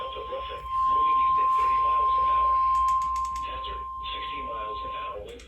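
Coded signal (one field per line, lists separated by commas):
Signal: Emergency Alert System (SAME) tones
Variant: 1050 Hz attention tone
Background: speech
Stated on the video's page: Real alerts, including severe thunderstorm warnings, captured across Southeast Georgia and Southern South Carolina from NOAA Weather Radio and recorded on iPhones.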